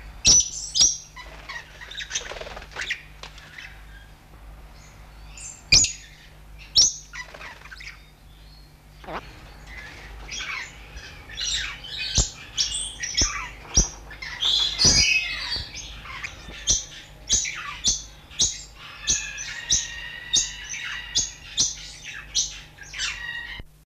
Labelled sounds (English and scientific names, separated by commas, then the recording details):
Salvadori's Fig Parrot (Psittaculirostris salvadorii) call
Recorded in captivity
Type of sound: call
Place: Vogelpark Walsrode, Niedersachsen, DE
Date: 1977-09-09
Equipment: Halbspur, 9,5 cm/s
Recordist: Lütgens, Hans
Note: Rufe